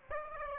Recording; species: mosquito wingbeat signal from an infrared sensor; Aedes aegypti